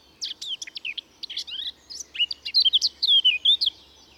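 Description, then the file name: Eurasian blackcap song, a rapid scratchy chattering warble that breaks into louder, clear fluty whistled notes. "Sylvia atricapilla"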